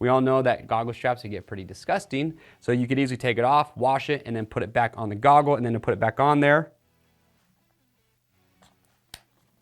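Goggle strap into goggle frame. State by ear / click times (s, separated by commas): seated / 9.1 s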